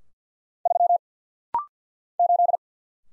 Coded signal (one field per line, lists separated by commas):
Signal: Morse code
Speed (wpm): 50 wpm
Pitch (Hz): 700 Hz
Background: none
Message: 3 8